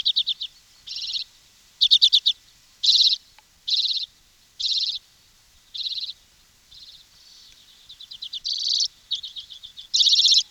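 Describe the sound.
Bird song of short trilled bursts spaced about a second apart, ending with a louder trill.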